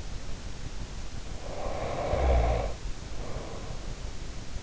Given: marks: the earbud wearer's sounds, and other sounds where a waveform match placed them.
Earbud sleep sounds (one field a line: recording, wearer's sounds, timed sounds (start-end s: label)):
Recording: sounds in sleep by an in-ear microphone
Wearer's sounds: snoring breath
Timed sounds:
1.49-3.83 s: snoring breath